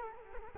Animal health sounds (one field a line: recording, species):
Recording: mosquito wingbeat signal from an infrared sensor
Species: Culex quinquefasciatus